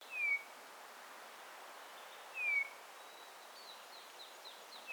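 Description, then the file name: Eurasian bullfinch uttering mournful, slightly descending piped whistles spaced about two seconds apart, with faint twittering from another bird later on. "Pyrrhula pyrrhula"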